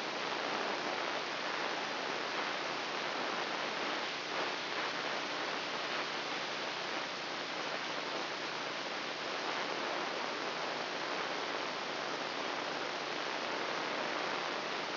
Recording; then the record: brain microelectrode recording played as sound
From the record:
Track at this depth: inside the subthalamic nucleus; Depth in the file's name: 4.307 mm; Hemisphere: left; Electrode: 2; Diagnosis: Parkinson's disease